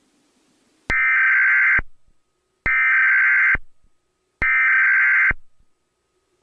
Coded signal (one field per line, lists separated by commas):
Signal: Emergency Alert System (SAME) tones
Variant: header bursts